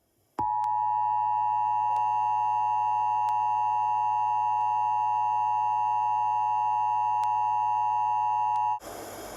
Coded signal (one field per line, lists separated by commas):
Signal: Emergency Alert System (SAME) tones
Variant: 853 and 960 Hz attention tone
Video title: EAS Scenario: Every Day, Every Million Years